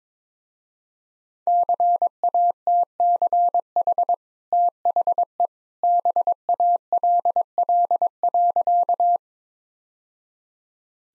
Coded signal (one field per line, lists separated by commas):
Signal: Morse code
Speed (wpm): 22 wpm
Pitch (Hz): 700 Hz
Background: none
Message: CATCH THE BALL.